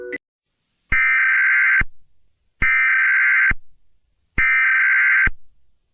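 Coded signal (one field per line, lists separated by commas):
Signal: Emergency Alert System (SAME) tones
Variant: header bursts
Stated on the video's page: Fictional EAS scenario about a Caillou-created virus pandemic, including an EAN alert; simulated.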